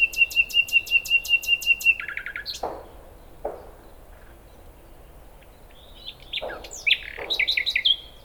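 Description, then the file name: Common nightingale song: a fast run of sharp repeated notes, a long pause with a few low knocks, then a burst of varied chattering notes. "Luscinia megarhynchos"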